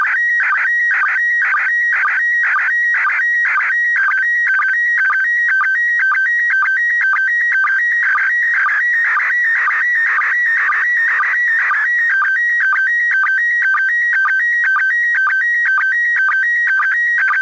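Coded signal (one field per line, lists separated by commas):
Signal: SSTV (slow-scan television)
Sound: steady whistling tone flipping between two pitches, with quick low chirps about twice a second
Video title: ISS SSTV - Receiving Images Using a Portable Set Up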